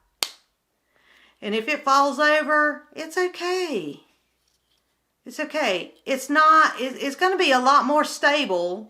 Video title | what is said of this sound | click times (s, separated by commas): New Upgraded SanerDirect storage box | Always make sure you hear that snap. | 0.2 s